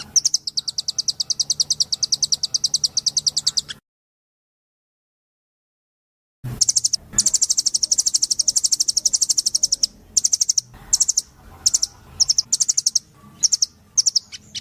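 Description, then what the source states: Spiderhunter song: a long rapid run of high chips, a silent gap, then choppy bursts of shrill notes at varying pace. Vigorous, clear, long song; recording intended as a tutor track for training cage birds.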